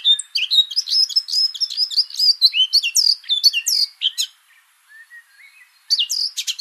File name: Sylvia atricapilla